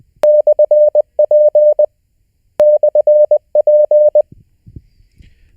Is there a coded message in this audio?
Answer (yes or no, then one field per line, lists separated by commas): yes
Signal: Morse code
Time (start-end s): 0.2-4.2 s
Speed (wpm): 20 wpm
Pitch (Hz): 600 Hz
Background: none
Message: /P /P